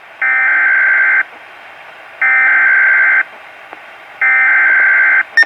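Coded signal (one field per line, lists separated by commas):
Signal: Emergency Alert System (SAME) tones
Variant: header bursts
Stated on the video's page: Weatheradio Canada severe thunderstorm warning alert.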